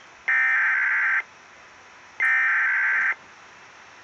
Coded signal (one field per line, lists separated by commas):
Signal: Emergency Alert System (SAME) tones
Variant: header bursts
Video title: EAS 430 IMMEDIATE EVACUATION UPDATE